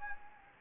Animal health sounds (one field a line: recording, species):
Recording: mosquito wingbeat signal from an infrared sensor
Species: Anopheles gambiae